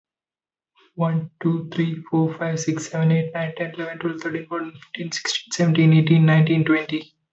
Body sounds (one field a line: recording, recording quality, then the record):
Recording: counting at a fast pace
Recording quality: excellent, no background noise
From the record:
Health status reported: healthy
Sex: male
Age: 25 years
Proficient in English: yes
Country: India